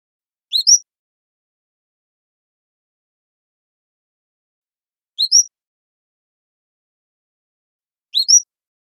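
Cordilleran flycatcher call: a thin, high two-part note, given three times at uneven intervals with silence between.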